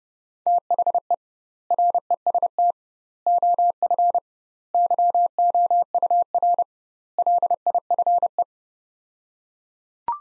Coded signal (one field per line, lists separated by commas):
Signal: Morse code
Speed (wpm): 30 wpm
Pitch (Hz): 700 Hz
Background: none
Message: THE REST OF YOUR LIFE